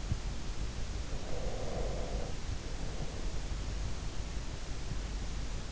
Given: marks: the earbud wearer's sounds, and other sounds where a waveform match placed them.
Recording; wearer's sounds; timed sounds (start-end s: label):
sounds in sleep by an in-ear microphone; breath
1.26-3.54 s: breath